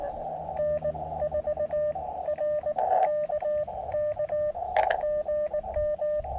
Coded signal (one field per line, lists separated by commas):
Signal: Morse code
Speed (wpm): 19 wpm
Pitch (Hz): 590 Hz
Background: radio noise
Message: N4RKK GM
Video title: Georgia State Parks on the Air Contest Highlights - POTA, Camping, Hiking, Photos, and Gear